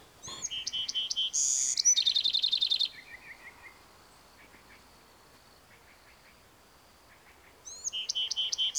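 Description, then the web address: Bewick's wren song: a few whistled introductory notes, a harsh buzz, then a rapid trill, followed by soft chips and the song repeated near the end. "BEWR birds wrens"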